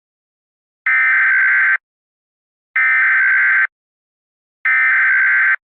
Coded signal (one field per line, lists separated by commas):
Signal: Emergency Alert System (SAME) tones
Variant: header bursts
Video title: Eas scenario 2: California Activity